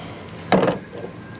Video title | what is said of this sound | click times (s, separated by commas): 1993 F150 Shift Tube Replacement by Ghostshop Mobile Repair | We're probably gonna have to order this because it's not clicking in. | none